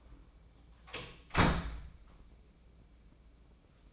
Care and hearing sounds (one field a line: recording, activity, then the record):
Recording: daily activity, microphone in the room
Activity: close door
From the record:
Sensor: 1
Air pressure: 1012.4 hPa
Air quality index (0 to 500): 167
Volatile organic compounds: 3 ppm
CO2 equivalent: 1369 ppm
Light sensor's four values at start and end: 548/1264/564/666 and 556/1282/571/675